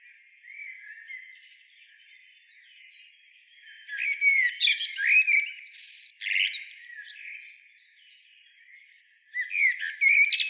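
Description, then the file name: Common blackbird song: a soft low warble, then a loud burst of high chattering and squeaky notes, with another phrase starting at the end. "Turdus merula"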